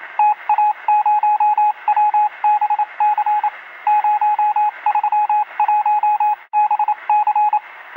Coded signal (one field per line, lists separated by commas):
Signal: Morse code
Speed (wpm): 27 wpm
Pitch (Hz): 840 Hz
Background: radio noise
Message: TA0WBC 031BC